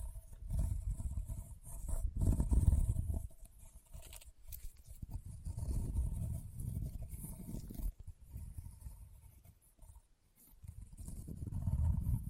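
Leather is rubbed and scratched in low, rumbling swells, loudest near two and a half seconds, easing to near silence around ten seconds.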